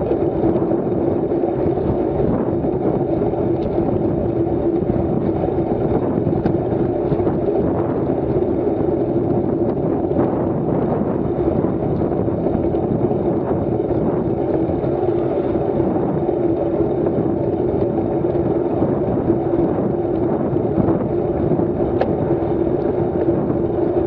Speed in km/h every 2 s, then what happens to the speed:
32, 31, 31, 30, 31, 33, 31, 29, 33, 31, 31, 30.
0-24 steady at about 31.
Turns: none.